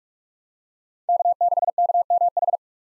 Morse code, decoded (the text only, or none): K6KMH